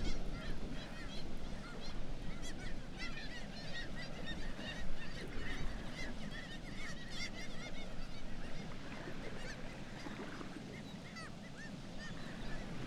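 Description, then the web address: Black-legged kittiwakes calling densely, a continuous jumble of many nasal, wavering cries, loudest early on, over a low rushing background. "sound Black-legged-kittiwake. صدای-پرنده-کاکایی-پاسیاه"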